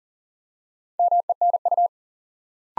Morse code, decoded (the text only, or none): MENU